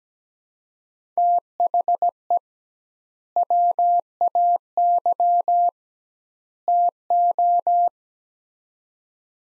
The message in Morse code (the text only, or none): THE WAY TO